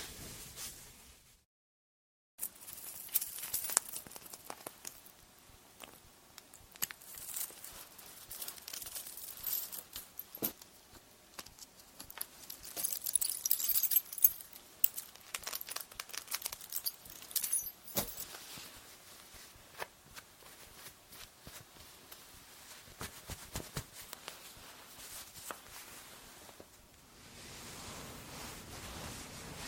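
Layered tapping and soft hair brushing: a dense patter of light taps with bright brushing swishes, plus a brief silence near two seconds.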